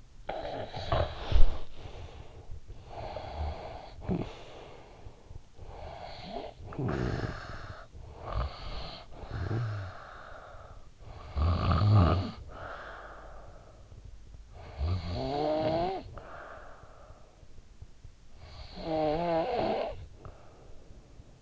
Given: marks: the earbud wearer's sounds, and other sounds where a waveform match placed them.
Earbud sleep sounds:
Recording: sounds in sleep by an in-ear microphone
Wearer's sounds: snoring breath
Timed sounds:
0.00-14.05 s: snoring breath
14.31-17.77 s: snoring breath
18.06-21.42 s: snoring breath

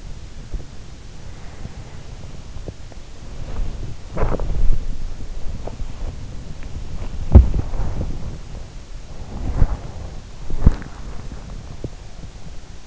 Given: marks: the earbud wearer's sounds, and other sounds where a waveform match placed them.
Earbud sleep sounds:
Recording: sounds in sleep by an in-ear microphone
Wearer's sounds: body movement, breath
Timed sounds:
0.33-12.87 s: body movement
1.17-2.38 s: breath
4.34-5.01 s: breath

